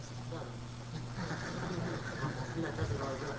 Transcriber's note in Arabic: ضحك الحضور